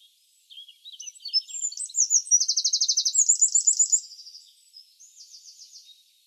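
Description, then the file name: Eurasian wren song: quiet opening notes build into a loud, rapid trill of evenly pulsed notes, then a softer trill closes the phrase near six seconds. "Troglodytes troglodytes"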